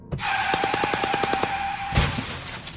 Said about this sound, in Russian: К этому моменту автобус набрал достаточную скорость, чтобы водитель не смог вовремя среагировать. Звук столкновения слился с коротким звуком автоматной очереди.